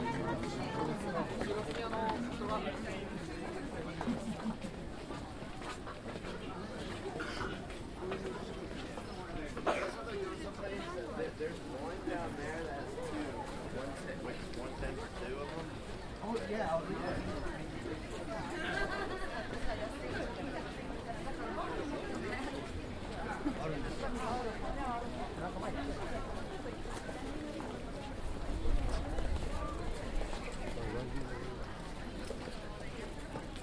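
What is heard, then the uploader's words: A binaural field recording in Tokyo's Asakusa district, filled with a steady murmur of overlapping voices and chatter from a crowd. Occasional clicks and footsteps cut through the talk, and a low rumble swells briefly near the end. Approaching Sensō-ji. A binaural field recording recorded in the Asakusa district of Tokyo, Japan.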